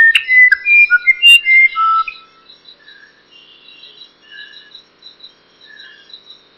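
Musician wren singing pure, flute-like whistles at varied pitches for about two seconds, then softer fragments.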